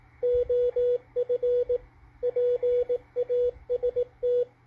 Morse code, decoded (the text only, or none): OF PAST